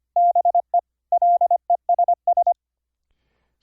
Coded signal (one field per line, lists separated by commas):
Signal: Morse code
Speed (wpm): 25 wpm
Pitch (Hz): 700 Hz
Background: none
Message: BE LESS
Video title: Morse Code QSO over the internet - software setup - config 22 - KXstudio(pt 2)